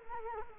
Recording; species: mosquito wingbeat signal from an infrared sensor; Culex quinquefasciatus